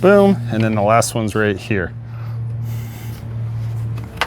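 Someone talks as the last of four spring clips on the engine air filter housing lid of a 2011–2017 fourth-generation Dodge Ram 1500 3.6 L is pushed over, against a steady low hum. After a couple of faint ticks, the clip snaps shut with a sharp click at 4.2 s, seating the air box lid securely.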